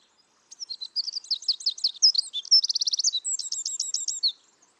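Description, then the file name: Eurasian wren song: nearly four seconds of rapid, high, tumbling notes and a tight rattling trill, closing with a crisp repeated phrase. "Troglodytes troglodytes"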